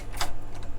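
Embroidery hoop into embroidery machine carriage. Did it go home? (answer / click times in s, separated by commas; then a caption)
yes / 0.2 s. An embroidery hoop holding a shoe is slid onto an embroidery machine's hoop carriage, and a sharp click sounds at 0.2 s over a steady low hum. The hoop clicks into place and is confirmed seated.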